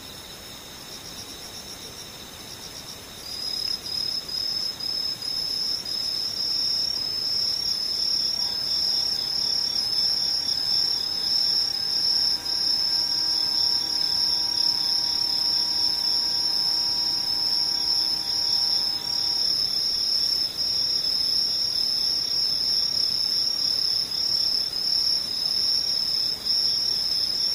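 Insects chirp in a fast, steady, high trill that starts around three seconds in, over a hiss, with a brief low tone midway.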